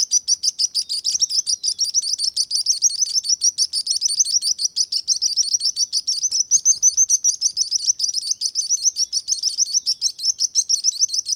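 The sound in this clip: Sparrow singing a continuous series of shrill chirps, tightly spaced and fairly regular throughout.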